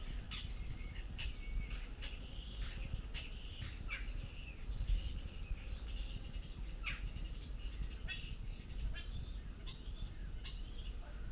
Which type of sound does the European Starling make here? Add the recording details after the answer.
song. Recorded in the wild. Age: adult. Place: Kirchdorf/Poel, Insel Poel, Mecklenburg-Vorpommern, DE. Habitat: cemetery. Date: 1968-09-13 15:07. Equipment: Uher 4000 Report Monitor-S, Sennheiser MD 421. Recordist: Tembrock, Günter. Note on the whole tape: Alter Friedhof: Gesang